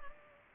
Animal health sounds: mosquito wingbeat signal from an infrared sensor; Culex pipiens

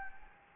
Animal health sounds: mosquito wingbeat signal from an infrared sensor; Anopheles gambiae

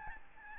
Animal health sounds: mosquito wingbeat signal from an infrared sensor; Aedes albopictus

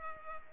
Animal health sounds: mosquito wingbeat signal from an infrared sensor; Culex pipiens

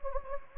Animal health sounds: mosquito wingbeat signal from an infrared sensor; Anopheles gambiae

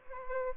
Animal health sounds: mosquito wingbeat signal from an infrared sensor; Aedes albopictus

